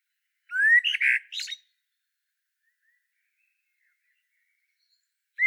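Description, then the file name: Common blackbird song phrase: a rising whistled note followed by rich warbles and a squeaky flourish, then quiet until a short note at the end. "Turdus merula"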